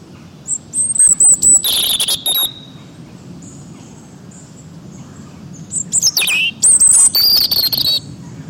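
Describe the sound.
Birds chirping in two bursts of sharp high twittering and thin whistled notes, separated by a quieter stretch with a low background hum.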